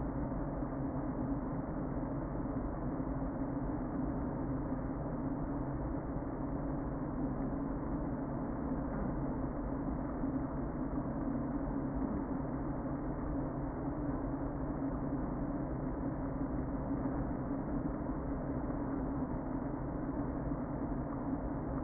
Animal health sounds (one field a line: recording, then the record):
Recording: honeybee colony, microphone inside the hive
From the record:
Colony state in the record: queen present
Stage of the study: before two queens were removed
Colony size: about 60,000 bees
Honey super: yes